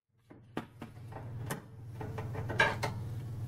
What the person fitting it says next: oh that is stripping itself out big time